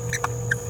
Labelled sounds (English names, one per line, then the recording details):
Green-rumped Parrotlet babbling
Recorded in a nest box in Venezuela
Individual 18B17A3